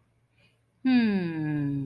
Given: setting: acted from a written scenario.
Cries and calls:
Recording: vocal sound without words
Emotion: confusion

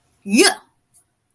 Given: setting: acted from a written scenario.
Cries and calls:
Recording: vocal sound without words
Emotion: triumph

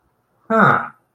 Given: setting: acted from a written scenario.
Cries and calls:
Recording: vocal sound without words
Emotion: interest

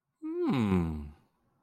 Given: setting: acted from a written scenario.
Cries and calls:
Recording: vocal sound without words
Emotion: interest

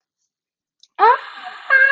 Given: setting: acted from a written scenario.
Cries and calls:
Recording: vocal sound without words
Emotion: fear

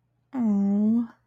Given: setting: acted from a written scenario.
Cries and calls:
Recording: vocal sound without words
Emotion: disappointment

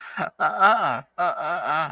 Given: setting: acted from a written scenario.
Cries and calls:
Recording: vocal sound without words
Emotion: embarrassment

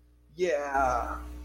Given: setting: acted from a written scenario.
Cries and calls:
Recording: vocal sound without words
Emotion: elation

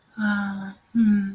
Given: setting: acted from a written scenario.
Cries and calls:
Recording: vocal sound without words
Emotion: sympathy

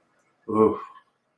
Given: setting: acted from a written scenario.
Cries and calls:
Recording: vocal sound without words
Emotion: awe

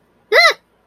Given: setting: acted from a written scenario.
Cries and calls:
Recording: vocal sound without words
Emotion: fear

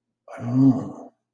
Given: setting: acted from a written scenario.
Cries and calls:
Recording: vocal sound without words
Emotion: desire

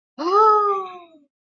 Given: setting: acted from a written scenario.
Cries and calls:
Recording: vocal sound without words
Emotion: positive surprise

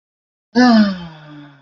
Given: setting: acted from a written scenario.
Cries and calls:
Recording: vocal sound without words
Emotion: contentment

